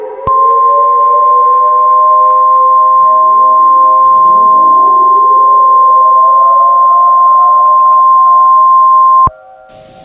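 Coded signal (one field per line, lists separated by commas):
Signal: Emergency Alert System (SAME) tones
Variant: 1050 Hz attention tone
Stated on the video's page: Fictional ash-fall EAS scenario, a simulated alert inspired by another creator's scenario.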